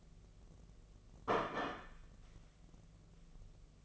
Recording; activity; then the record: daily activity, microphone in the room; place plate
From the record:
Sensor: 4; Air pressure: 1016.0 hPa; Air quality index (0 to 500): 207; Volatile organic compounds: 13 ppm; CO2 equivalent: 2389 ppm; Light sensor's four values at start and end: 12/27/11/10 and 12/27/11/10